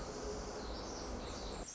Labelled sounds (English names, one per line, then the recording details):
Pacific Wren
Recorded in Sonoma County, California